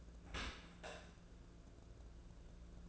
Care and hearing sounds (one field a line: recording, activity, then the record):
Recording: daily activity, microphone in the room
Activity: open dishwasher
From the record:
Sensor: 2